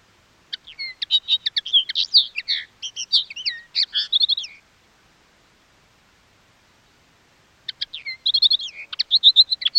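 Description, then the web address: Common linnet singing, long rapid twittering runs of mixed chirps, trills and nasal slurs, a pause of about three seconds, then the twitter resumes. More than one linnet, singing. "Sound Effects-BBC Linnets"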